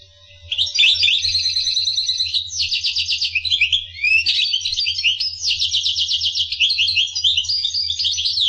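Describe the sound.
Finch song, long energetic high-pitched warbling with rattling trills and rising chirps, nearly continuous for eight seconds; low hum beneath.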